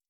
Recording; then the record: hydrophone in a shrimp aquaculture tank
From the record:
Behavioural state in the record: stressed